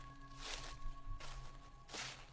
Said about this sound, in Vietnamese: Thằng Nhân nhận ra, ấy là tiếng bước chân. Tiếng bước chân dẫm lên những lớp lá bay từ bên ngoài vào. Những lớp cót liếp đã bị rụng ra ở trên nền đất cứ sột xà sột soạt.